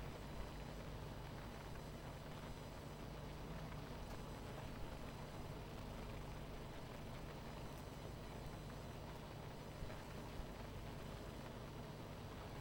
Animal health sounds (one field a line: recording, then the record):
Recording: honeybee colony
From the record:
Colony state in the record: missing queen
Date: 14 July 2017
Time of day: 19:11